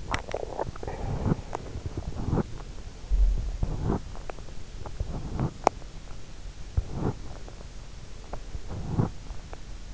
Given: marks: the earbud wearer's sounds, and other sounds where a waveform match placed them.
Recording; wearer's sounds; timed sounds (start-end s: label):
sounds in sleep by an in-ear microphone; teeth grinding, breath
0.00-0.49 s: teeth grinding
0.75-1.96 s: breath